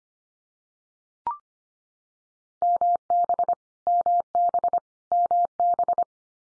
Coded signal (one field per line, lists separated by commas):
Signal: Morse code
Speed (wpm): 25 wpm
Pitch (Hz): 700 Hz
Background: none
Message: MB MB MB